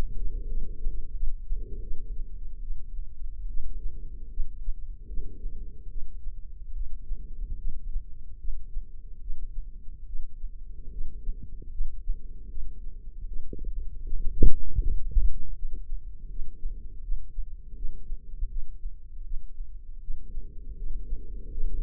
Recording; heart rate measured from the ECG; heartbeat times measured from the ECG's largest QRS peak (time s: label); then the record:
heart sounds by microphone in the left ear; 77 bpm
0.48 s: heartbeat
1.14 s: heartbeat
1.81 s: heartbeat
2.61 s: heartbeat
3.48 s: heartbeat
4.30 s: heartbeat
5.07 s: heartbeat
5.89 s: heartbeat
6.74 s: heartbeat
7.58 s: heartbeat
8.39 s: heartbeat
9.20 s: heartbeat
10.06 s: heartbeat
10.91 s: heartbeat
11.71 s: heartbeat
12.49 s: heartbeat
13.26 s: heartbeat
14.04 s: heartbeat
14.80 s: heartbeat
15.55 s: heartbeat
16.29 s: heartbeat
17.02 s: heartbeat
17.75 s: heartbeat
18.49 s: heartbeat
19.24 s: heartbeat
20.01 s: heartbeat
20.76 s: heartbeat
21.50 s: heartbeat
From the record:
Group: healthy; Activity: rest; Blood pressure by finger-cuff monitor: 111/62 mmHg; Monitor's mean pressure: 79 mmHg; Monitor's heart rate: 78 bpm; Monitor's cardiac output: 6.8 L/min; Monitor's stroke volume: 87 mL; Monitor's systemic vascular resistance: 880 dyn s/cm5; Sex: female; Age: 43 years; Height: 160 cm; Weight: 90 kg